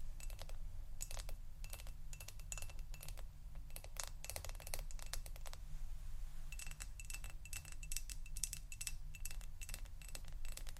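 Tapping triggers come in quick, irregular bursts of crisp clicks, bright and sharp at the top, much like fast typing on a keyboard. A short pause near six seconds breaks the flow before the tapping resumes. A low, steady hum runs underneath throughout.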